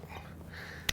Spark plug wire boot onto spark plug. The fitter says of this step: they will snap into place